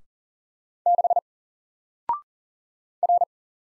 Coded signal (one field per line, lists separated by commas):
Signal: Morse code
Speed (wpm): 38 wpm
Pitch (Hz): 700 Hz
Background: none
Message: 6 R